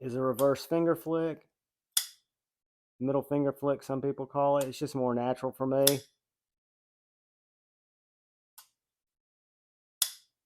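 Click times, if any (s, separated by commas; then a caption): 10.0 s. Someone talks about flicking open a liner-lock folding knife with an S90V steel blade and a carbon fiber and titanium handle, with a sharp snap at 2.0 s and a faint tick at 8.6 s. The blade then snaps shut into the handle detent with a sharp click at 10.0 s.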